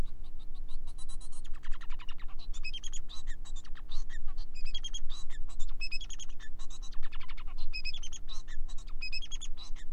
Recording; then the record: song of a male Bengalese finch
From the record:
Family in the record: son of father 4